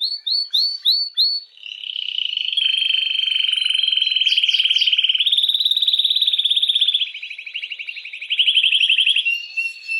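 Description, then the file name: Canary song with a few quick rising chips, then a long, continuous rattling roll that shifts pitch slightly, followed by clipped repeated notes. Belgian mosaic canary. "canto do canario belga mosaico"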